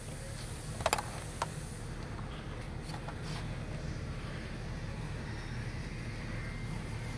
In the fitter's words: it, and hear it pop in.